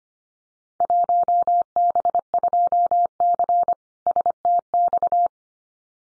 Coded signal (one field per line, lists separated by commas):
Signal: Morse code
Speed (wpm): 25 wpm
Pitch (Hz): 700 Hz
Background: none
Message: 1B2C STX